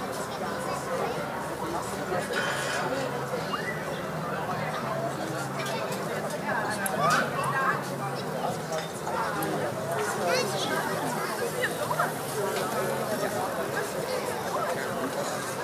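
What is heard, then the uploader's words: Summer evening beer garden crowd: a dense, steady wash of overlapping voices and chatter fills the whole clip without pause. Brief brighter bursts, likely laughter or children calling, rise above the babble around the seventh and tenth seconds. Audio Journeys of Berlin: Summer Evening Joy and Child Play. Step into a blissful summer evening in Berlin with this immersive audio journey. Beer Garden.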